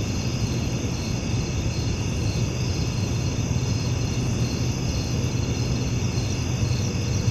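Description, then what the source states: Crickets produce a dense, unchanging chorus high in pitch, accompanied by persistent low rumbling noise. Recorded at night.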